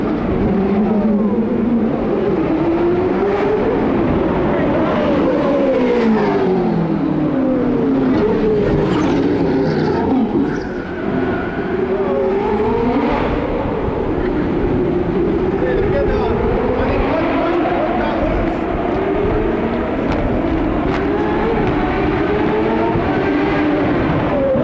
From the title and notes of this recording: The Sounds of CART IndyCar at Detroit, 1990. Trackside sounds of the CART IndyCar Series as it raced around downtown Detroit on the former Formula 1 circuit. The 2.65-liter single-turbo V8 engines from Chevrolet, Cosworth, Judd, Alfa Romeo, and Porsche. There’s also the distinct grunt and wail from the 3.4-liter single-turbo Buicks in action around the tight 2.5-mile street layout.